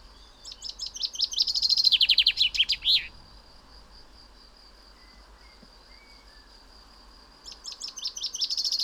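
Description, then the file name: Common chaffinch song: a full descending trill with a terminal flourish, a few seconds of quiet hiss, then a second song begins. "Fringilla coelebs"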